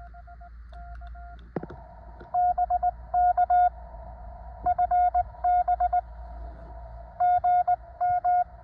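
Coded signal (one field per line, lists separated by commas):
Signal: Morse code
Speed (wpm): 19 wpm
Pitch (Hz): 720 Hz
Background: none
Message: BK FB GM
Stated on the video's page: High-power 40 m CW summit activation during a geomagnetic storm with bad band conditions, recorded on a phone.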